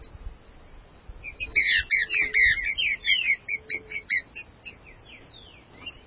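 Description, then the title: Green-winged saltator giving a rapid series of bright, downslurred whistled notes over a steady low background hiss. "Trinca Ferro"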